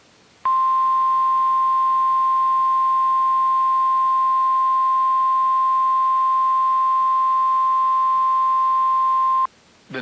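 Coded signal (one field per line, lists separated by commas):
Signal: Emergency Alert System (SAME) tones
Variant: 1050 Hz attention tone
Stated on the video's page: Recorded off a NOAA Weather Radio station during a severe weather event.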